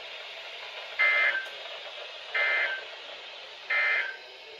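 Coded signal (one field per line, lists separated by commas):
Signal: Emergency Alert System (SAME) tones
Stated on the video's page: Real captured EAS alerts for floods, high winds and thunderstorms from Central Virginia.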